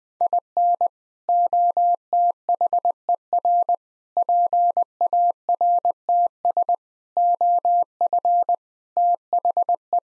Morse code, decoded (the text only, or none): IN OTHER PARTS OF THE